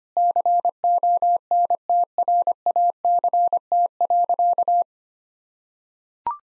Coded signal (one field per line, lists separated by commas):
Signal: Morse code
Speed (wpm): 25 wpm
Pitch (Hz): 700 Hz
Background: none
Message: CONTRACT.